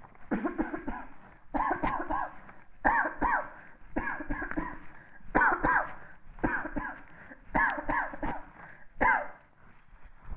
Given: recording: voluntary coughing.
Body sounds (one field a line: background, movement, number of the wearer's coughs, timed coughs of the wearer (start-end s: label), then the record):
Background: quiet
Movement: sitting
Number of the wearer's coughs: 19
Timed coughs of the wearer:
0.29-0.52 s: cough
0.57-0.86 s: cough
0.86-1.22 s: cough
1.52-1.81 s: cough
1.81-2.08 s: cough
2.08-2.42 s: cough
2.82-3.15 s: cough
3.19-3.54 s: cough
3.94-4.26 s: cough
4.28-4.54 s: cough
4.55-4.89 s: cough
5.32-5.58 s: cough
5.61-5.95 s: cough
6.41-6.70 s: cough
6.74-7.11 s: cough
7.52-7.81 s: cough
7.86-8.16 s: cough
8.20-8.53 s: cough
8.98-9.38 s: cough
From the record:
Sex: female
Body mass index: 36.4 kg/m2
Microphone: on the chest, facing the body